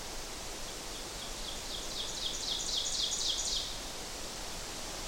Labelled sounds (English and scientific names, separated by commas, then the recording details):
Ovenbird (Seiurus aurocapilla) song
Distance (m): 60 m
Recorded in boreal forest in Alberta, Canada, on 12 June 2016 at 06:52
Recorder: SongMeter 3, array SBT-3-18
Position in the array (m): 257 m, 102 m
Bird 31